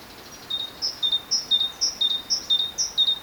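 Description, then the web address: Great tit singing a steady two-note phrase, repeated about twice per second without pause, over faint background hiss. "SETE data Parus major"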